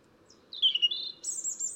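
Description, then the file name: European robin giving a thin, high phrase: a sliding note falling then rising, followed by a sustained very high whistle near the end. "Erithacus rubecula"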